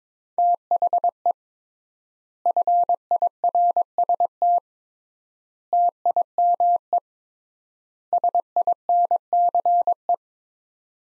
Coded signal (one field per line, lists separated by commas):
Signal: Morse code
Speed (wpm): 22 wpm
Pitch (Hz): 700 Hz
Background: none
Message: THE FIRST TIME SINCE